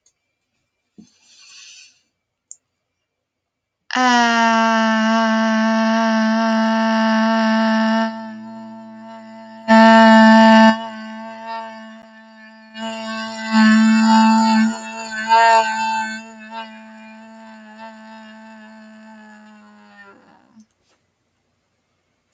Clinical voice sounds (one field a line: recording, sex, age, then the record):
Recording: vowel held as long as possible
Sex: female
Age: 60 to 69 years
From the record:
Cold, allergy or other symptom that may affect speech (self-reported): no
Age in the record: 69 years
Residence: Ohio, United States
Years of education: 10